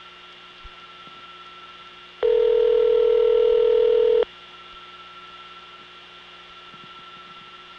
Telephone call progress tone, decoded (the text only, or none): ringback tone